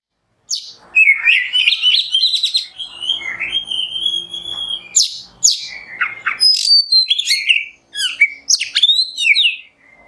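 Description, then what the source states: Oriental magpie-robin opening with a long wavering whistle, then a lively mix of sharp, slurred and twittering notes. Indonesian kacer masteran, a tutor song for training songbirds, in the nembak song style.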